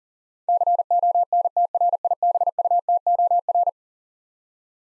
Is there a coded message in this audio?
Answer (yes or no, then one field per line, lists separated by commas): yes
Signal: Morse code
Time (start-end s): 0.5-3.7 s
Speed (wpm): 40 wpm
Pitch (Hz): 700 Hz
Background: none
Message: CONTRIBUTOR